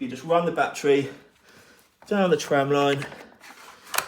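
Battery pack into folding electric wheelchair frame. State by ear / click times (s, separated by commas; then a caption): seated / 4.0 s. Someone talks while a battery pack is slid down the rail into the frame of a folded electric wheelchair. A short, sharp click at 4.0 s marks the battery latching into its slot, seated.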